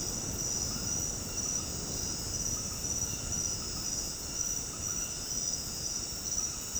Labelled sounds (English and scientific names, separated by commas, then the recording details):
none
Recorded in dense forest near Puerto Asís, Putumayo, Colombia, on 21 February 2024 at 23:00
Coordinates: 0.486, -76.316
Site G6437